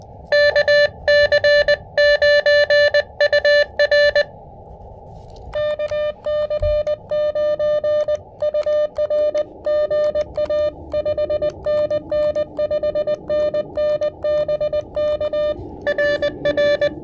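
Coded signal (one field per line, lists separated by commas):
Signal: Morse code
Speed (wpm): 19 wpm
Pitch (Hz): 590 Hz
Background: music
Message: KC9UR KC9UR GA 5NN 5NN BK RR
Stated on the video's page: QRP CW Parks on the Air activation on the high bands using an Elecraft KX2 with KXPD2 paddles and AX1 antenna.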